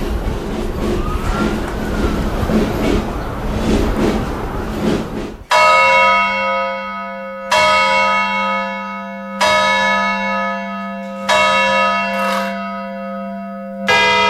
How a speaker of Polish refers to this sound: To nie są dzwony, tylko to są gongi. Znaczy fachowcy tak mówią zawsze. My mówimy oczywiście dzwony, ale nie, to są gongi w tym sensie, że nie mają serca. Nie mają. Uderzenie bijaków jest z zewnątrz. Tak działają dzwony zegarowe.